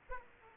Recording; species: mosquito wingbeat signal from an infrared sensor; Aedes aegypti